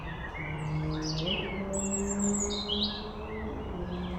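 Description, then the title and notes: European robin delivering a short burst of high, thin, sliding notes above a loud, steady, droning traffic hum. Robin singing in the foreground beside a woodland path on the slopes of Mont Revard, Pugny-Chatenod, Savoie, France; constant motorway traffic noise from a few kilometres away. "Les Corbières, Pugny-Chatenod, Savoie, Auvergne-Rhône-Alpes, France métropolitaine, 73100, France - rouge_gorge. Au bord du chemin dans les bois , le chant d'un rouge-gorge au premier plan"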